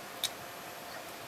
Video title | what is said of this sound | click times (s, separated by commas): Victorinox SwissTool Spirit Multi-Tool Review | it locks into place so you have this really nice aggressive saw blade I actually use this in my backyard to cut some branches | 0.2 s